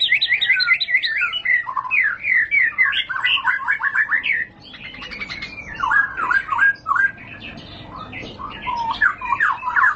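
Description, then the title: White-rumped shama singing busy, tumbling phrases of mixed whistles and chips, with a short quieter gap before more varied, rising and falling notes. Lure (pancingan) of high-class murai batu song, much sought for use as master tutor for caged birds. "Pancingan Murai Batu Berkelas Banyak Di Cari Buat Masteran"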